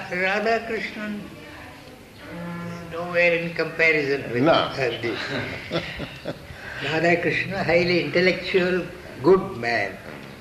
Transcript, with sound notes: Radhakrishnan? Nowhere in comparison with Gandhi.
No. [laughs]
Radhakrishnan, highly intellectual, good man,